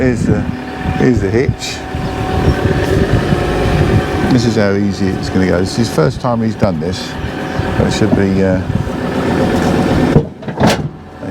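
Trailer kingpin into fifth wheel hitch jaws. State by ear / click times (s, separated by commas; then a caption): seated / 10.4 s. A truck reverses under a fifth wheel trailer while its engine runs and someone talks, driving the trailer kingpin into the steel hitch jaws. At 10.4 seconds the jaws close on the kingpin with a heavy metallic clonk, and the hitch is seated and locked.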